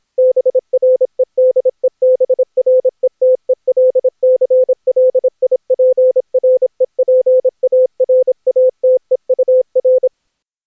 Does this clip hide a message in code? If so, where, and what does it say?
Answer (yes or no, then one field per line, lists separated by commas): yes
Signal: Morse code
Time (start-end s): 0.2-10.1 s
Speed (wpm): 26 wpm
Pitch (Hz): 510 Hz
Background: none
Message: BREDEBRETELCLIPREPARATEUR